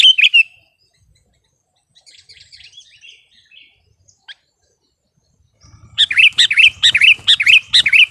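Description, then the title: Sooty-headed bulbul with a brief bubbly phrase, some soft scattered notes, then a loud burst of rapid chirping over a low hum. "kutilang"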